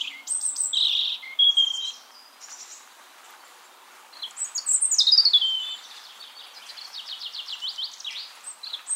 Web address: SETE data Erithacus rubecula